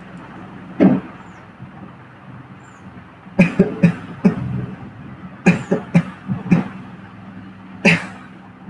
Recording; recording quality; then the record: heavy voluntary cough; excellent, no background noise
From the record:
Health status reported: healthy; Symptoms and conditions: cough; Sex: male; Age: 23 years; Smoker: yes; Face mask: not worn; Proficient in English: yes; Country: India